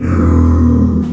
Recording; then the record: squeal of a Yucatan mini pig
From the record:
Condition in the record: after surgery on the right vocal fold (resection and tissue-engineered implant); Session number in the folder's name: 11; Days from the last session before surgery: 98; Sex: female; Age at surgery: 19 weeks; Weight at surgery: 25 kg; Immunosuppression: prednisolone